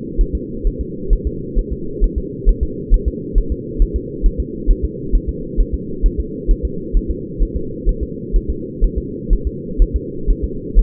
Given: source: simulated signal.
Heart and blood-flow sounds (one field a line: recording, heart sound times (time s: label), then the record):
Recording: fetal heart sounds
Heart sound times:
0.21 s: S1
0.35 s: S2
0.67 s: S1
0.81 s: S2
1.13 s: S1
1.27 s: S2
1.59 s: S1
1.72 s: S2
2.04 s: S1
2.18 s: S2
2.49 s: S1
2.63 s: S2
2.94 s: S1
3.08 s: S2
3.38 s: S1
3.52 s: S2
3.82 s: S1
3.96 s: S2
4.26 s: S1
4.40 s: S2
4.71 s: S1
4.84 s: S2
5.15 s: S1
5.29 s: S2
5.60 s: S1
5.74 s: S2
6.06 s: S1
6.20 s: S2
6.51 s: S1
6.65 s: S2
6.97 s: S1
7.11 s: S2
7.43 s: S1
7.56 s: S2
7.89 s: S1
8.03 s: S2
8.36 s: S1
8.50 s: S2
8.84 s: S1
8.98 s: S2
9.33 s: S1
9.47 s: S2
9.82 s: S1
9.96 s: S2
10.31 s: S1
10.44 s: S2
10.79 s: S1
From the record:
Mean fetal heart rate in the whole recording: 130 bpm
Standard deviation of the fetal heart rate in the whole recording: 4 bpm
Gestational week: 38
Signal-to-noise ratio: -4.3 dB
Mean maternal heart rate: 72 bpm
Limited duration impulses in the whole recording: absent